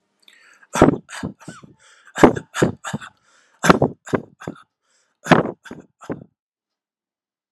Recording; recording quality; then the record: shallow voluntary cough; excellent, no background noise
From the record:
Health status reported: healthy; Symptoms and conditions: hypertension, diabetes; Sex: male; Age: 64 years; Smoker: not ticked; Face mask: not worn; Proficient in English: yes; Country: India